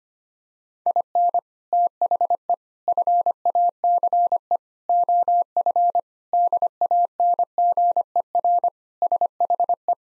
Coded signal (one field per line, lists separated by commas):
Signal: Morse code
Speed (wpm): 25 wpm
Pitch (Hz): 700 Hz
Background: none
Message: IN THE FACE OF DANGER SHE